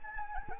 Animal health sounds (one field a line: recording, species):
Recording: mosquito wingbeat signal from an infrared sensor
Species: Anopheles arabiensis